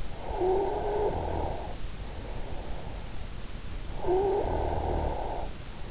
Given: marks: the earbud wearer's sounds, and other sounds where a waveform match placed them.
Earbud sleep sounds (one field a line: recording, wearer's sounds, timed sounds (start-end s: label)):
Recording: sounds in sleep by an in-ear microphone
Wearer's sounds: snoring breath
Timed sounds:
0.15-1.86 s: snoring breath
4.09-5.52 s: snoring breath